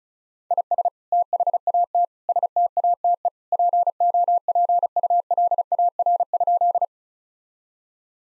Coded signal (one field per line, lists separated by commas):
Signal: Morse code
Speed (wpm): 36 wpm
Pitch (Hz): 700 Hz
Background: none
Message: IS THAT STATE POPULAR?